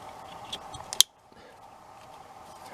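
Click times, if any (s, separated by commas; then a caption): 1.0 s. A plug-and-play wiring harness connector for a Toyota Tacoma tailgate lock actuator is pushed into its mating plug on the truck. A few faint clicks come before a sharp, loud click at 1.0 s as the connector seats. Quieter handling noise follows, and someone talks.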